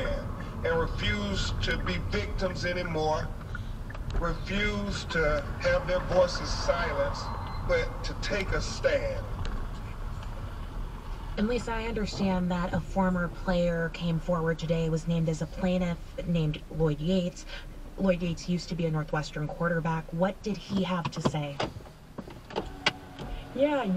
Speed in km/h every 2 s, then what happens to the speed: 18, 11, 6, 10, 8, 6, 0, 0, 0, 0, 0, 0.
0-3 brakes to 6. 3-11 steady at about 6. 11-24 standing.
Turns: none.